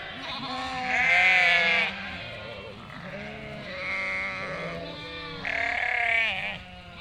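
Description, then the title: Sheep bleating in a chorus, several overlapping wavering bleats of different pitches, some long and loud, others lower and shorter, one after another. Flock of 467 sheep and lambs bleating in a moving, highly spatialised chorus while grazing grass and wild garlic, on a spring day in Chindrieux, France; binaural recording on a Fostex FR2 LE, by bicycle. "Rue de Vars, Chindrieux, France - Troupeau de moutons"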